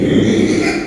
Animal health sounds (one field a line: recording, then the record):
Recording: squeal of a Yucatan mini pig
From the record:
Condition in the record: after surgery on the right vocal fold (resection and tissue-engineered implant)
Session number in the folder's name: 2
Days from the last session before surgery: 13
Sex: male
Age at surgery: 12 weeks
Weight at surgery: 13 kg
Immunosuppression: cyclosporine, prednisolone